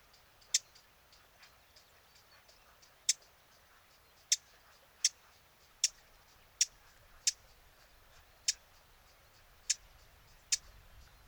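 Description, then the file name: Eurasian blackcap uttering loud, sharp tack notes spaced about a second apart after an early pause, with softer clicks in between. "Sylvia atricapilla"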